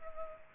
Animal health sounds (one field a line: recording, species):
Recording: mosquito wingbeat signal from an infrared sensor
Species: Culex pipiens